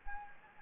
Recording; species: mosquito wingbeat signal from an infrared sensor; Anopheles gambiae